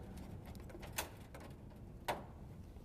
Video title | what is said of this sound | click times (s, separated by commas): Retro Kit for Vollrath LidSaver | these are simply going to snap into place | 1.0 s